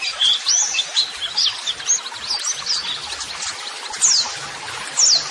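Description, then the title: White-eye song: scattered high chirps and short slurred whistles, a few sharp downward notes near the end, over a faint hiss. Masteran (model song) audio for training white-eyes, described as therapy audio meant to make a bird answer at once; 'gacor' meaning a vigorously singing bird. "Pleci Gacor. LANGSUNG NYAUT MASTERAN AUDIO TERAPI PLECI"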